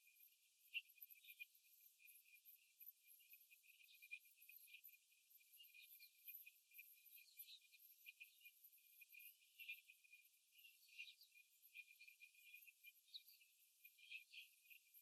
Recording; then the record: young laying hens in a cage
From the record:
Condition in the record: after the stressor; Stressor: simulated dog barking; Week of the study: 3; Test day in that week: 2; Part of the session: 1